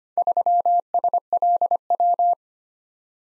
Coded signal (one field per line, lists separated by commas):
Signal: Morse code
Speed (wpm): 25 wpm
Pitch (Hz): 700 Hz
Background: none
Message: 3SLW